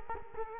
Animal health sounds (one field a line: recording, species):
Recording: mosquito wingbeat signal from an infrared sensor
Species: Culex quinquefasciatus